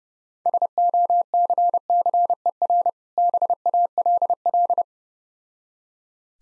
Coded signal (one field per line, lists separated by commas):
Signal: Morse code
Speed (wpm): 30 wpm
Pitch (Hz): 700 Hz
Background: none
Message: SOCCER BALL